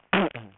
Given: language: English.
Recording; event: throat vibration sensor signal played as sound; throat clearing